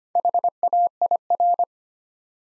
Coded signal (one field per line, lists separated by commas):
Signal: Morse code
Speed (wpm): 25 wpm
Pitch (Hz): 700 Hz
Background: none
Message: HAIR